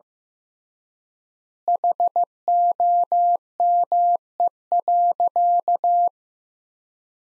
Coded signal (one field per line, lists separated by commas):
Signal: Morse code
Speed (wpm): 15 wpm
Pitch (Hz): 700 Hz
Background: none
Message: HOME.